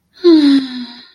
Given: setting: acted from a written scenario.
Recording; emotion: vocal sound without words; disappointment